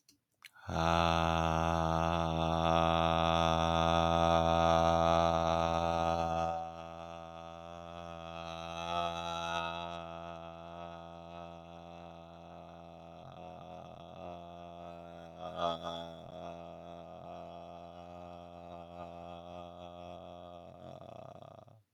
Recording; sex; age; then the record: vowel held as long as possible; male; 18 to 19 years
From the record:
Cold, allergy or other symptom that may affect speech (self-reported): no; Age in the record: 18 years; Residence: California, United States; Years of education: 13